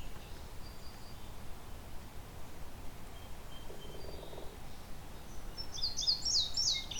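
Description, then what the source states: Indigo Bunting song: a quick burst of high, paired sweeping notes near the end, over a steady background hiss. Male, singing louder than the two nearby mourning doves.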